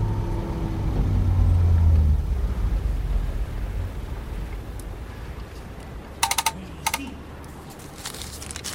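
A car's low engine rumble swells, then eases off as the vehicle slows and comes to a stop, followed by a few sharp mechanical clicks and clunks.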